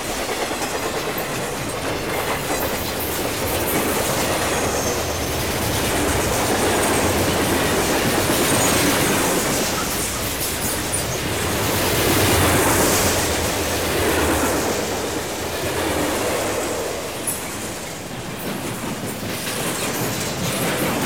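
A freight train rolls past in the desert near Kingman, Arizona, a dense, continuous roar of wheels and cars with a quick, irregular clatter running through it. The sound swells gently around the middle and again near twelve seconds, then eases slightly before holding steady.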